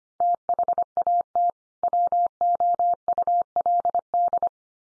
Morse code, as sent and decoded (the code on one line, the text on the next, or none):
- .... .- - / .-- --- ..- .-.. -..
THAT WOULD